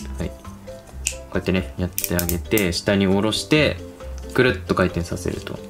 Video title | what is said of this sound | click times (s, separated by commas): 【🚨パトカーと👮‍♂️交番と🐕警察犬がロボットに合体！？】特装合体ロボ「ジョブレイバー」ギガントポリスブレイバー KOBANアーマーDXセット＆警察犬ワンワンマル【タカラトミー】 | part of this arm. This part is locked tightly. | 1.1 s